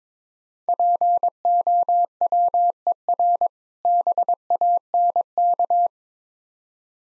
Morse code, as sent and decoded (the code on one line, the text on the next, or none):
.--. --- .-- . .-. / -... .- -. -.-
POWER BANK